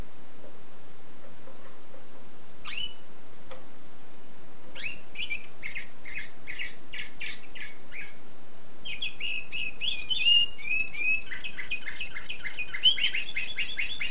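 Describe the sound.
Canary song opening with a few scattered notes, then a series of repeated chirps and rolling, warbled trills building in the second half.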